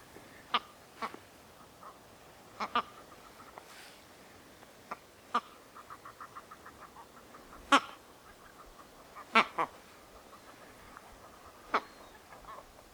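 Bird calls: sharp, harsh notes at uneven intervals, some followed by short runs of quick, clipped, evenly spaced notes, over a quiet background.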